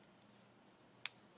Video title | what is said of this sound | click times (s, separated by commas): Can You Hack It? Shirt-Collar Snaps | have to press really hard and it doesn't snap and snap that snaps | 1.1 s